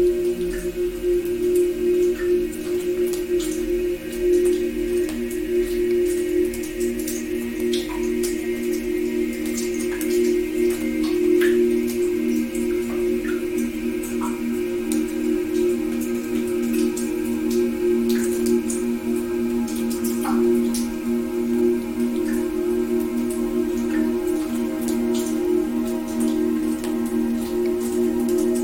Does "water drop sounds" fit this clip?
yes